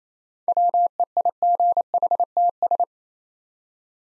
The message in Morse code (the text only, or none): WEIGHTS